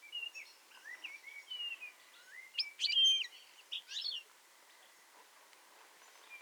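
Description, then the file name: European goldfinch twittering, with soft liquid rising chirps building to one sharp bright burst midway, then a few scattered notes. "Carduelis carduelis"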